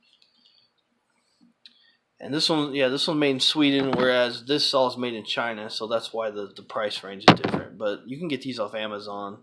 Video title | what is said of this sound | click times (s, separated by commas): I SAW And I Conquered! | and it snaps. It has an automatic snap in there. | 1.7 s